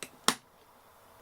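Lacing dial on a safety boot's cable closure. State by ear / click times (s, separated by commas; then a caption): seated / 0.3 s. A foot is in a work safety boot, and the dial-and-cable lacing dial of the boot's cable closure is pushed in to engage it. A faint tick at 0.0 s comes first. Then a sharp, bright click at 0.3 s shows the dial has clicked in and seated.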